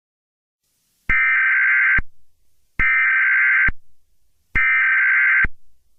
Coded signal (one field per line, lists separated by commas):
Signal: Emergency Alert System (SAME) tones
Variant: header bursts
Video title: EAS Scenario: Grand Theft Auto 3 Attack Leak 2